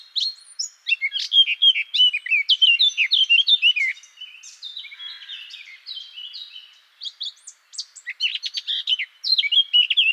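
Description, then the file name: Eurasian blackcap song: rapid, varied warbling phrases of high whistled and chattering notes, two bursts separated by a quieter scratchy passage. "Sylvia atricapilla"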